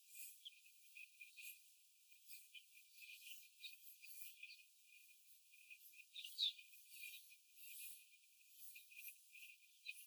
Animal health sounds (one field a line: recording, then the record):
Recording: young laying hens in a cage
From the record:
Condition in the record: after the stressor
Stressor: simulated dog barking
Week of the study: 4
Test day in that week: 1